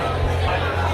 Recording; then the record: background sound without coughing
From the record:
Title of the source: CITY SOUNDS Busy Bar in the Evening Night - 2 HOURS of Ambiance for Relaxation